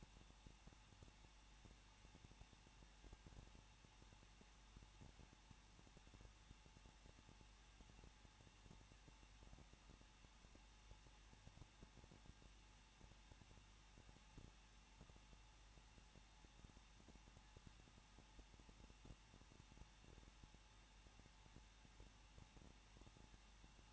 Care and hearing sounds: daily activity, microphone in the room; no activity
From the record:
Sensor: 1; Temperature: 20.1 degrees Celsius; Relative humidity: 39.1%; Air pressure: 1006.3 hPa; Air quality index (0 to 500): 217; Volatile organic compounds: 76 ppm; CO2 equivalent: 3572 ppm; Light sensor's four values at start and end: 1/2/1/1 and 1/2/1/1

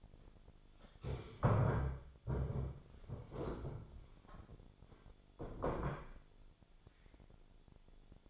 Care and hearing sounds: daily activity, microphone in the room; stand up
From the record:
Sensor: 5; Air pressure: 1008.1 hPa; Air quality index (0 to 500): 153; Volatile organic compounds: 3 ppm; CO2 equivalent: 1475 ppm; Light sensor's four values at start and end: 59/165/64/64 and 59/165/64/64

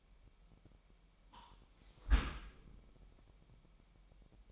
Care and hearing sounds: daily activity, microphone in the room; close dishwasher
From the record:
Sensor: 1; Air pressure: 998.4 hPa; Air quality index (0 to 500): 138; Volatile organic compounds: 4 ppm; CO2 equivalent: 1649 ppm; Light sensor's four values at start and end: 16/55/22/22 and 16/55/22/22

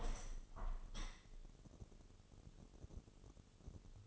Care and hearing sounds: daily activity, microphone in the room; open window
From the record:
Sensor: 4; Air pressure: 1015.8 hPa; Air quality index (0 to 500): 83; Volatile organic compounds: 1 ppm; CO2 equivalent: 925 ppm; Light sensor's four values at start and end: 9/20/8/7 and 9/20/8/7

